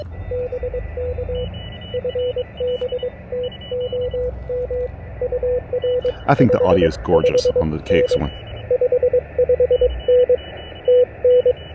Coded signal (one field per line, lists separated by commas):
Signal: Morse code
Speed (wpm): 22 wpm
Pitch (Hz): 500 Hz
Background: speech, radio noise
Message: BK FB TOM UR 55N 55N TN